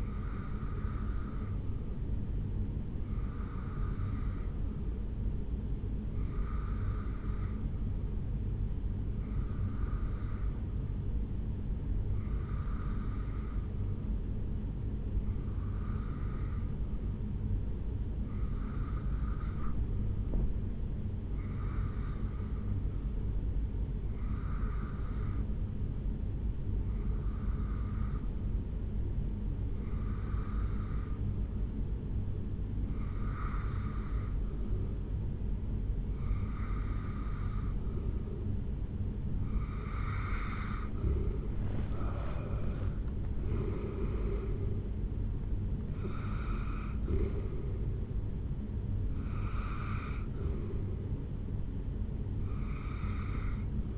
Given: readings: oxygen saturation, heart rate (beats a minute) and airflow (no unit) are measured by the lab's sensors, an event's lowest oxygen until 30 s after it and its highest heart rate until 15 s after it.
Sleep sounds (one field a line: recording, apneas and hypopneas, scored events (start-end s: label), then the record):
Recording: breathing in sleep by a smartphone at the bedside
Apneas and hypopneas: 1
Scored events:
7.00-40.40 s: hypopnea (REM, oxygen 83% highest, then 81% lowest, heart rate 73 at the start, 83 highest)
From the record:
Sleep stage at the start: REM sleep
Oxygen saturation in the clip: 81 to 83%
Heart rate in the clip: 70 to 83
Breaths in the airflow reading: 17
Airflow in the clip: -8.9 to 6.2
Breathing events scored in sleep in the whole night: 449 in 7.0 hours asleep